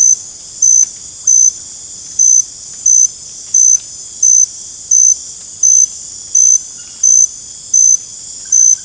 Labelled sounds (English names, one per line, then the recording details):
none
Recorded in dense forest near Puerto Asís, Putumayo, Colombia, on 22 December 2024 at 23:00
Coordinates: 0.481, -76.323
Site G100